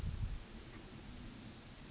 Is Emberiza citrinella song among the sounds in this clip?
no